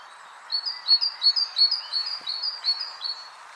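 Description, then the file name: Great tit singing one run of ringing, see-sawing two-note phrases, several in quick even succession, against a soft background hiss. "Parus major"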